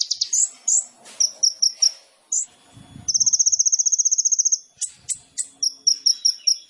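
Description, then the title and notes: Sunbird song: sharp high chips and short note series, then an even rapid trill lasting about one and a half seconds, ending in more spaced chips. Indonesian masteran training recording for songbirds, with the bird singing actively (gacor) and full of isian and tembakan song phrases; meant as a lure (pancingan). "MASTERAN KOLIBRI NINJA FULL ISIAN DAN TEMBAKAN COCOK BUAT PANCINGAN. Suara Burung Kolibri Ninja Gacor"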